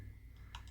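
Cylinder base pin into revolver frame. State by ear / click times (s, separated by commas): seated / 0.6 s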